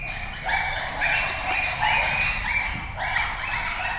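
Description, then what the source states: Bonobos shrieking: several loud, high-pitched, overlapping chattering calls over a low rumbling background. Group of bonobos getting ready for a meal at the Lola Ya Bonobo sanctuary, Democratic Republic of the Congo; the shrieking signals that food is coming.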